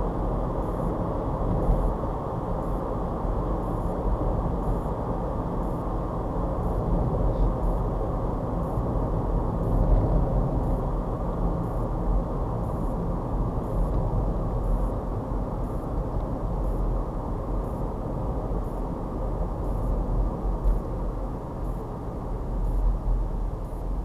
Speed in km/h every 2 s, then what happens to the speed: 58, 58, 56, 55, 53, 50, 50, 45, 44, 42, 39, 35.
0-24 slows to 35.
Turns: none.